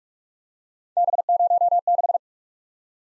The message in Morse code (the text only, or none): B06